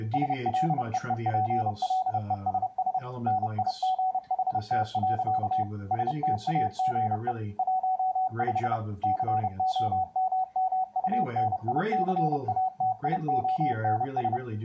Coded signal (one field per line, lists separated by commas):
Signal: Morse code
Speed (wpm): 30 wpm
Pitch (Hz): 750 Hz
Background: speech, radio noise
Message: SLEEPLESS NIGHT. STAGE 15 COMMUNICATIONS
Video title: WD9DMP's build of the K3NG CW Keyer and Decoder